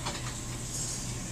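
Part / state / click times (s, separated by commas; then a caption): planetary gear assembly into automatic transmission case / not seated / none. A greased planetary gear assembly with its bearing is lowered by hand into a Ford 4R100 automatic transmission case. Only a steady low hum and broadband background noise are heard, with faint metallic handling sounds. The assembly has not yet bottomed out, so nothing has seated or clunked home yet.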